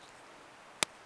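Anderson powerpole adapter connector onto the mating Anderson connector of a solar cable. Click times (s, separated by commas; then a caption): 0.8 s. An Anderson Powerpole adapter connector is slid onto the red mating Anderson connector of a solar cable, plastic housing on plastic housing. A single sharp, loud click sounds at 0.8 s against an otherwise quiet background, and the connector locks together and is seated.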